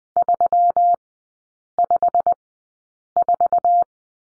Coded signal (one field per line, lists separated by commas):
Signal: Morse code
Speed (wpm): 20 wpm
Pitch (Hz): 700 Hz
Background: none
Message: 354